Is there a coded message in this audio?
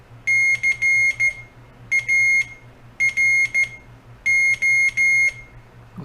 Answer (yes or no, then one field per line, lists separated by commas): yes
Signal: Morse code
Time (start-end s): 0.3-5.3 s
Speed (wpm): 14 wpm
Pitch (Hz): 2150 Hz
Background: none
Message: CARO